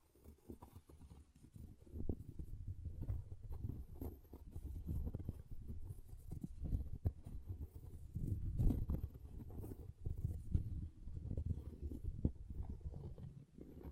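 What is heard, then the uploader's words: Object scratching: a continuous, dense run of low, rough scraping with many small irregular strokes and clicks. After a quiet first second it stays fairly even, with louder gritty bursts around 7, 9 and 12 seconds and little brightness above the low rumble. ASMR Brain Melting Object Scratching (No Talking).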